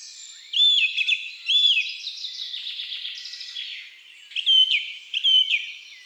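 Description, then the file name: Song thrush song: a bright whistled phrase given twice, then softer twittering, then the phrase repeated twice more. Woodland and forest birds. "Grive musicienne Chants doiseaux des bois et des forets"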